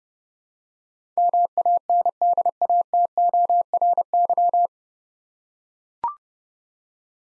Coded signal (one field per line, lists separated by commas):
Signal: Morse code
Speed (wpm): 32 wpm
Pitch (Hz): 700 Hz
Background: none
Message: MANDATORY